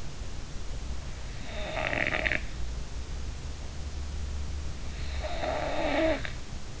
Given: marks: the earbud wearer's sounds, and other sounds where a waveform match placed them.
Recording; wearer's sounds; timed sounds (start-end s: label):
sounds in sleep by an in-ear microphone; snoring breath
1.54-2.54 s: snoring breath
5.09-6.26 s: snoring breath